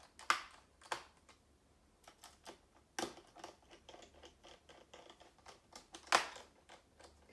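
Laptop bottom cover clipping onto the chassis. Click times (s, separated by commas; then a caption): 0.3 s, 3.0 s. The plastic bottom cover of an Asus Vivobook S712FA laptop is pressed home onto the chassis at its last two clip spots. Small sharp clicks are heard at 0.3 s and 3.0 s among lighter tapping and handling noises. The cover clips snap and seat.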